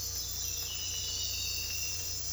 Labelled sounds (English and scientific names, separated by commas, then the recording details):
none
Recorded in dense forest near Puerto Asís, Putumayo, Colombia, on 22 December 2024 at 04:30
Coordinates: 0.486, -76.317
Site G003